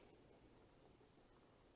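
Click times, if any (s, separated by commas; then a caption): none. The hand wheel of a serger is rolled forward so the air-threading tubes move into line toward locking into a closed channel. Only a quiet, steady soft rubbing and rustling is heard, with no sharp sounds. Nothing has locked or clicked into place yet in this stretch.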